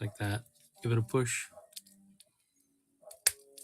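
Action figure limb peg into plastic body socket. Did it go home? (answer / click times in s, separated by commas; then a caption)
yes / 3.3 s. Someone talks while a limb peg is pushed into the joint socket of a plastic action figure being customised or repaired. A few faint ticks follow, then a sharp pop at 3.3 s as the peg seats in the socket.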